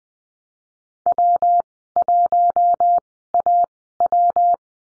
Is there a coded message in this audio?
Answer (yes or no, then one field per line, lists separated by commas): yes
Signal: Morse code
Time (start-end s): 1.1-4.5 s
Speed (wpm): 20 wpm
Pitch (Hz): 700 Hz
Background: none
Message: W1AW